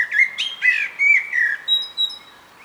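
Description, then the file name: Common blackbird singing a run of rich, fluty warbled notes in quick succession, fading into a thin, high squeaky ending. "Turdus merula"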